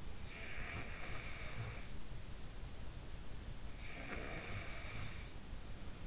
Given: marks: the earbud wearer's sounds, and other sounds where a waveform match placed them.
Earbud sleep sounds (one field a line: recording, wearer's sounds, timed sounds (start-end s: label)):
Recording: sounds in sleep by an in-ear microphone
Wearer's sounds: breath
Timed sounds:
0.13-2.93 s: breath
3.50-5.90 s: breath